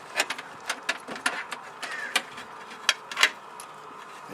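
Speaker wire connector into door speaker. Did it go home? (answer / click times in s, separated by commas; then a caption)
yes / 2.9 s. A speaker wire connector is pushed into a door speaker's wiring plug while a '95 F150 door is being reassembled during a window regulator repair; the plug fits only one way. Several short plastic clicks and rattles of handling are heard throughout, with the connector snapping into place at 2.9 s. It is fully seated.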